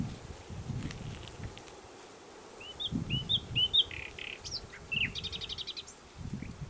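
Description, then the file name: Common nightingale song: a few rising, slurred whistles followed by short buzzy notes and a brief high rattle, against a steady low background hum. "Luscinia megarhynchos"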